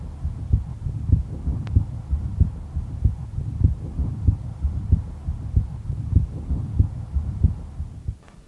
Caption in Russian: Сделанная над аортой. На основании сердца у мальчика 9 лет с врожденным дефектом межпредсердной перегородки.